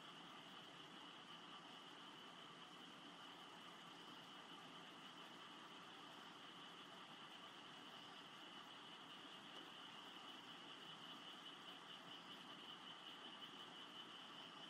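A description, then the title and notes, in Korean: Grass insects chirr in a steady, dense high band that never lets up across the fifteen seconds. Beneath it runs a constant rumbling hum, like an idling engine, with no distinct events and an even loudness throughout. 풀벌레 소리가 들리는 귀청소 샵.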